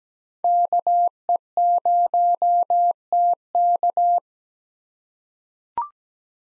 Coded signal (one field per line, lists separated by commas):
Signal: Morse code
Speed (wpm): 17 wpm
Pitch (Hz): 700 Hz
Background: none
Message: KE0TK